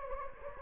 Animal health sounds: mosquito wingbeat signal from an infrared sensor; Anopheles gambiae

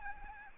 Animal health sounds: mosquito wingbeat signal from an infrared sensor; Anopheles arabiensis

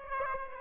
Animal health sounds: mosquito wingbeat signal from an infrared sensor; Aedes aegypti

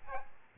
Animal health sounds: mosquito wingbeat signal from an infrared sensor; Aedes albopictus

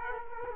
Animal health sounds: mosquito wingbeat signal from an infrared sensor; Culex quinquefasciatus

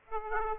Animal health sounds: mosquito wingbeat signal from an infrared sensor; Aedes aegypti

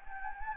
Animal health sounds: mosquito wingbeat signal from an infrared sensor; Anopheles gambiae

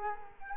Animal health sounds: mosquito wingbeat signal from an infrared sensor; Culex quinquefasciatus

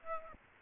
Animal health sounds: mosquito wingbeat signal from an infrared sensor; Aedes aegypti

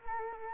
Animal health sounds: mosquito wingbeat signal from an infrared sensor; Culex quinquefasciatus

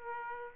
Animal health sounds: mosquito wingbeat signal from an infrared sensor; Aedes aegypti

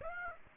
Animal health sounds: mosquito wingbeat signal from an infrared sensor; Aedes aegypti

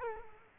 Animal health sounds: mosquito wingbeat signal from an infrared sensor; Culex quinquefasciatus

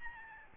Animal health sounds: mosquito wingbeat signal from an infrared sensor; Aedes albopictus

